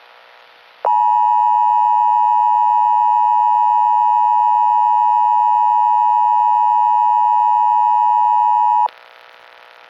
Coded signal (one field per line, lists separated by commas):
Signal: Emergency Alert System (SAME) tones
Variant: 853 and 960 Hz attention tone